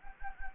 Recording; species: mosquito wingbeat signal from an infrared sensor; Anopheles gambiae